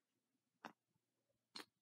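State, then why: Not seated. A plastic cap is pushed back onto a Chapstick Strawberry Ice Pop lip balm tube, with the decal removed, to test its fit. Two short, sharp taps sound at about 0.7 s and 1.6 s against a quiet background. The cap has not clicked on; it fits loosely and comes right off.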